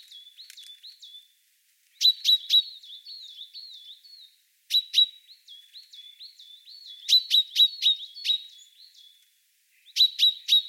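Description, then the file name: Common chaffinch alternating soft, fluttering note runs with bursts of loud, crisp, metallic calls repeated in quick groups. "Fringilla coelebs"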